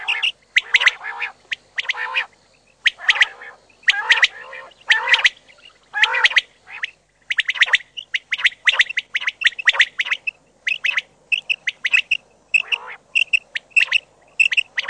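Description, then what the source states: Common quail calls: a rapid run of harsh, rasping bursts, later giving way to short, clipped notes in quick groups. Filtered audio.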